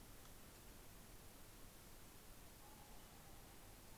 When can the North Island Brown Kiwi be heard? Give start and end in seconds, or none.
none